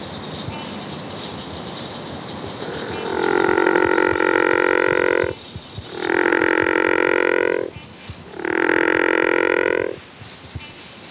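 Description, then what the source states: True frogs: frog calls, three long harsh droning bouts of about two seconds each with rich harmonics, separated by short pauses, over a faint steady background hiss. Frogs of the family Ranidae.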